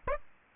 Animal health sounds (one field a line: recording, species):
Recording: mosquito wingbeat signal from an infrared sensor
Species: Aedes aegypti